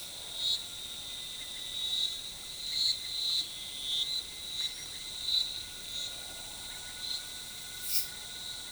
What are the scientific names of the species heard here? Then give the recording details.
none. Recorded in forest near Pivijay, Magdalena, Colombia, on 16 April 2023 at 09:30. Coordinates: 10.467, -74.380. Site Z5-G034